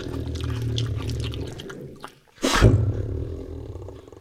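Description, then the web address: Tiger growling low and steadily, then falling quiet before a sudden loud breathy burst, followed by fading rumbling growls. Many deep growls and licks. "Sound Ideas Tigers Sound Effects"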